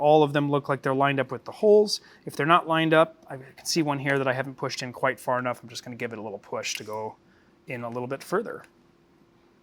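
A metal square nut is pushed a little further into its pocket in a 3D-printed plastic blaster housing to line it up with the bolt holes, while someone talks throughout. The clip ends just before the nut goes fully home, so nothing has seated or clicked yet.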